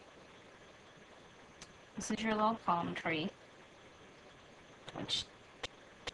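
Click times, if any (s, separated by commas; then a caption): none. A small plastic palm tree for a Littlest Pet Shop Pet Display and Play Pet Nook Turtle playset is handled near its socket while someone talks, with faint light taps around 1.6 s and 4.9 s over quiet background noise. Nothing has seated or clicked into the socket yet.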